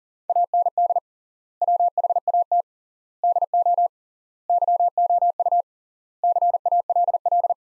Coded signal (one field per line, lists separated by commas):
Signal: Morse code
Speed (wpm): 37 wpm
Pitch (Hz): 700 Hz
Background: none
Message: AND WHAT DO YOU CALL